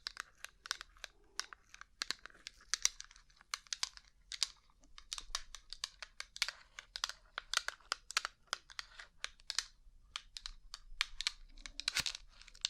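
Rhinestone-covered surface being tapped with quick, crisp clicks that come in irregular bursts, several per second, throughout. The taps are bright and sharp, with tiny crinkly scratches between them and a faint low hum underneath. A slightly louder tap lands near twelve seconds.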